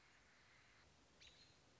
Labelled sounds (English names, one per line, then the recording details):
American Robin
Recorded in Sonoma County, California